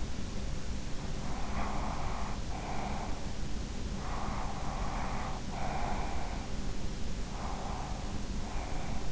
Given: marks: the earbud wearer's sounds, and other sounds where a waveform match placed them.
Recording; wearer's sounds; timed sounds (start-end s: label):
sounds in sleep by an in-ear microphone; breath
1.11-3.21 s: breath
3.92-6.51 s: breath
7.22-9.12 s: breath